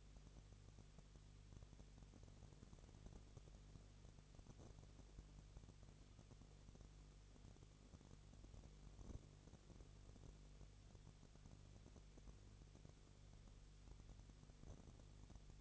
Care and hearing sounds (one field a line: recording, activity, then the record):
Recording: daily activity, microphone in the room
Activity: no activity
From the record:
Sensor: 4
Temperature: 22.3 degrees Celsius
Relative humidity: 32.8%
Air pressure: 1002.0 hPa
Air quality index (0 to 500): 185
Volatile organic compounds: 4 ppm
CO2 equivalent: 1634 ppm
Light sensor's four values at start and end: 2/3/1/1 and 2/3/1/1